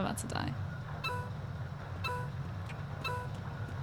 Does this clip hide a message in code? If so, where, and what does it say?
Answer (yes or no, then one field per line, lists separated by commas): no